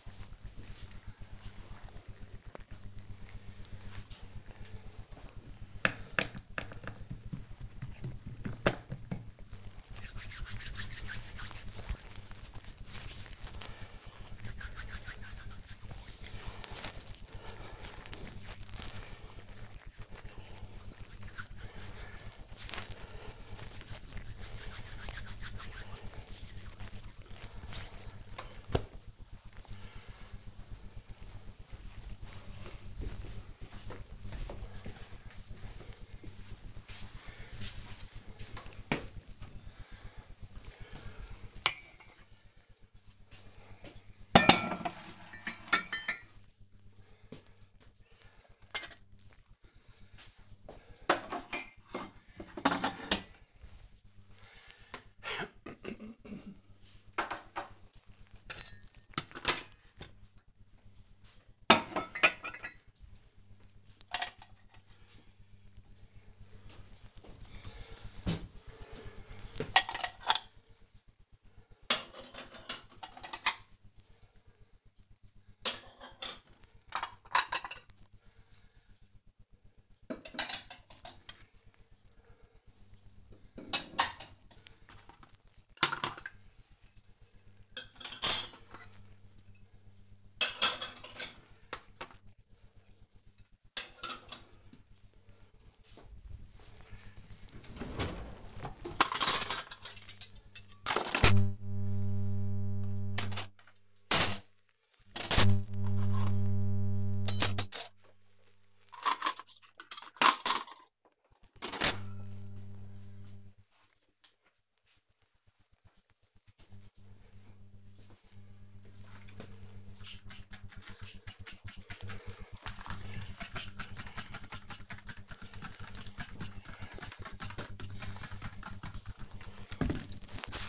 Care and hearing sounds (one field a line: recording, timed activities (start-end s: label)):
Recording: household activities, microphone on the right wrist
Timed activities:
4.92-28.07 s: disinfecting hands
38.14-113.64 s: putting away the dishes
118.68-130.69 s: window cleaning